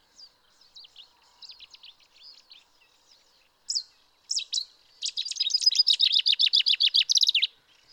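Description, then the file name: Common chaffinch song: scattered soft chips, a few louder notes, then a fast trill of bright notes ending in a quick flourish. "Fringilla coelebs"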